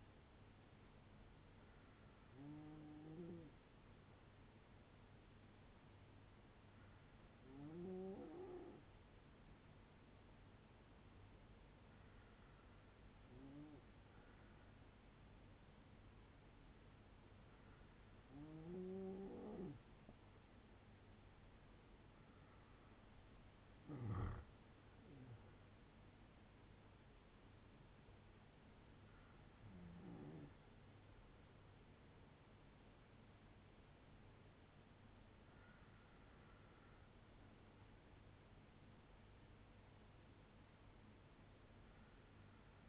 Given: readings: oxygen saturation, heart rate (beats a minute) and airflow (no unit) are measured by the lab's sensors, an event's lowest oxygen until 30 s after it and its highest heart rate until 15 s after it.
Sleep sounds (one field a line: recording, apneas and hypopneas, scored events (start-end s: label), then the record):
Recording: breathing in sleep by a voice recorder at the bedside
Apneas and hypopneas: none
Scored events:
none scored
From the record:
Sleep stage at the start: N2 (light sleep)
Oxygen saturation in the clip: 93 to 95%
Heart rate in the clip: 54 to 69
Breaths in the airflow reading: 7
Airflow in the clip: -5.8 to 8.9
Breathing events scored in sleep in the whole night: 182 in 7.4 hours asleep